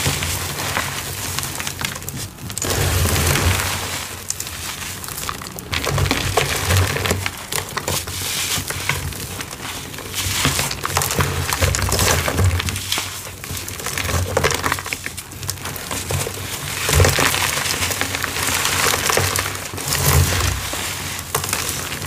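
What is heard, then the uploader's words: Gritty cornstarch is crushed and crumbled, a dense, continuous crunching with sharp brittle snaps scattered throughout, strongest near 2.5, 5.5, 8 and 15 seconds. The texture is bright and crackly over a soft low thump from handling, with no pauses. Gritty Crunchy Rose Slab. ASMR Cornstarch Crumble. Gritty, crunchy cornstarch crushing and crumbling asmr sounds.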